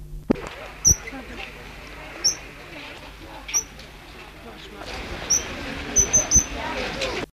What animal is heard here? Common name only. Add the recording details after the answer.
Red-rumped Parrot. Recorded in captivity. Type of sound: call. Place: Vogelpark Walsrode, Niedersachsen, DE. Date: 1974-07-24. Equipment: Halbspur, 9,5 cm/s. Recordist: Lütgens, Hans. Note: Rufe